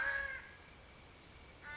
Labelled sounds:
Western Flycatcher

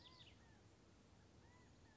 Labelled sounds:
California Quail

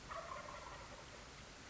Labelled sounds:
Wild Turkey

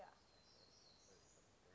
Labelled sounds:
Black-throated Gray Warbler

